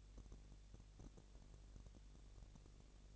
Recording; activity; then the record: daily activity, microphone in the room; no activity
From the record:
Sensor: 4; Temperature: 22.5 degrees Celsius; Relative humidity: 33.4%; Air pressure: 999.6 hPa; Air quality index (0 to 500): 231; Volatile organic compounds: 21 ppm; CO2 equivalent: 2707 ppm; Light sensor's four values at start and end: 2/3/1/1 and 2/3/1/1